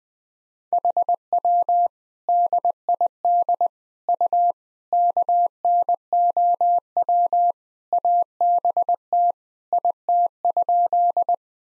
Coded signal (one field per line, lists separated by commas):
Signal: Morse code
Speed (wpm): 20 wpm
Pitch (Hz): 700 Hz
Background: none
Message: HW DID U KNOW ABT IT?